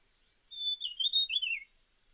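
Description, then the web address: Dusky fulvetta with one clear whistled phrase of level and wavering notes that ends in a descending slur. "Dusky fulvetta. صدای-پرنده-چغک-چینی-تیره"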